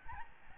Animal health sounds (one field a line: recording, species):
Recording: mosquito wingbeat signal from an infrared sensor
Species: Aedes albopictus